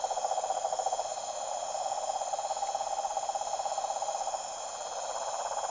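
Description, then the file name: Toad chorus, a dense steady pulsing drone of many overlapping trills, with constant high whining tones above. Deep toad chorus at a tropical pond at night. "articulated TROPICAL Pond night pure uncanny deep toad chorus"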